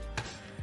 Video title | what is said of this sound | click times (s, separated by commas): Tokyo Marui Type 89 - My Thoughts | doesn't sound positive but that's definitely in | 0.2 s